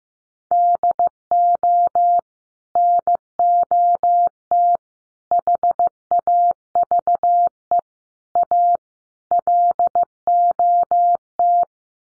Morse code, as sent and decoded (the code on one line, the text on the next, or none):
-.. --- / -. --- - / .... .- ...- . / .- / .-.. --- -
DO NOT HAVE A LOT